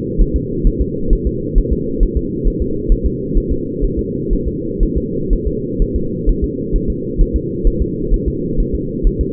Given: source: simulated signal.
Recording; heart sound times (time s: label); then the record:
fetal heart sounds
0.21 s: S1
0.36 s: S2
0.67 s: S1
0.81 s: S2
1.13 s: S1
1.27 s: S2
1.58 s: S1
1.73 s: S2
2.03 s: S1
2.17 s: S2
2.47 s: S1
2.62 s: S2
2.92 s: S1
3.06 s: S2
3.38 s: S1
3.52 s: S2
3.85 s: S1
3.99 s: S2
4.33 s: S1
4.48 s: S2
4.83 s: S1
4.97 s: S2
5.33 s: S1
5.47 s: S2
5.82 s: S1
5.96 s: S2
6.29 s: S1
6.44 s: S2
6.76 s: S1
6.90 s: S2
7.21 s: S1
7.36 s: S2
7.67 s: S1
7.82 s: S2
8.14 s: S1
8.28 s: S2
8.60 s: S1
8.75 s: S2
9.07 s: S1
9.21 s: S2
From the record:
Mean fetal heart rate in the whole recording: 130 bpm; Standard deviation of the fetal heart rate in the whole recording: 4 bpm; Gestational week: 38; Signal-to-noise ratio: -6.6 dB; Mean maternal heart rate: 72 bpm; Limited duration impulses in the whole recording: present